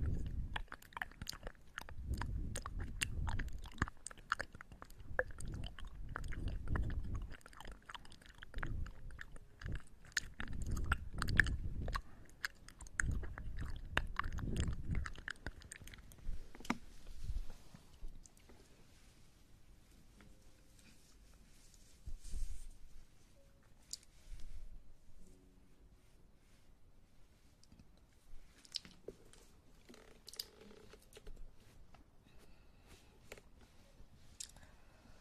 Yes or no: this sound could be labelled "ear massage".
yes